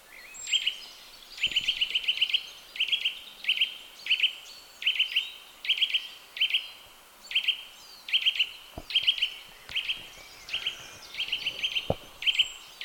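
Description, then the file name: Eurasian nuthatch with a long series of sharp high note clusters, some runs of four or five notes, repeated steadily; a few faint clicks beneath. "Sitta europaea"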